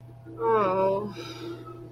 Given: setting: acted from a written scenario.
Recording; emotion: vocal sound without words; embarrassment